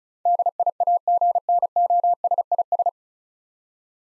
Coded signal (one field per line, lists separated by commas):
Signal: Morse code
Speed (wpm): 36 wpm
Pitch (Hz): 700 Hz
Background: none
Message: DIAGNOSIS